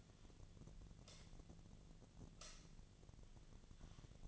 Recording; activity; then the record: daily activity, microphone in the room; light on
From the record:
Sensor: 4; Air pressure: 1010.7 hPa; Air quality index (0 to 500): 171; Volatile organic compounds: 5 ppm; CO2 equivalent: 1742 ppm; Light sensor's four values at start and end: 38/108/43/44 and 38/110/44/44